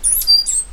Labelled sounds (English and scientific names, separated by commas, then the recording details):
Stitchbird (Notiomystis cincta) song
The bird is a male
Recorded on Tiritiri Matangi Island, New Zealand, in 2005
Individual 8, of nest box 10